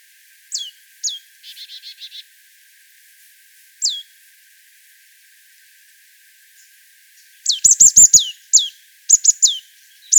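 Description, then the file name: Marsh tit calls: sharp high downslurred notes, a short buzzy burst of rapid notes, then a quick cluster of clear descending call notes near the end. "Poecile palustris"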